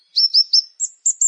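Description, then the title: Plain prinia song phrase of three bright, rising chirps followed by three higher notes, in quiet surroundings. "Ciblek Sawah"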